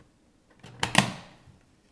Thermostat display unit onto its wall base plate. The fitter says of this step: snaps into place goodness SS into place and there it